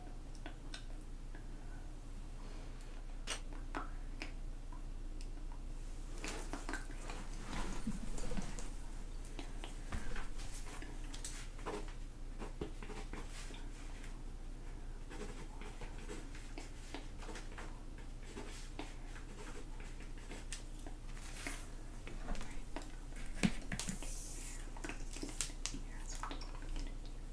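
Soft rustling and faint whispery sounds play over a steady low hum. Light taps and scratches come irregularly throughout, with a slightly busier stretch around eight seconds and a sharper, brighter scrape near twenty-three seconds.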